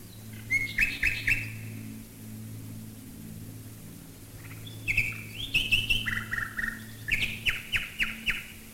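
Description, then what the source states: Common nightingale sings several phrases: buzzy pulsed bursts, sliding whistles and a rhythmic stuttering trill, with a steady low drone of engines underneath. Nightingales singing while bombers fly overhead, recorded in 1942.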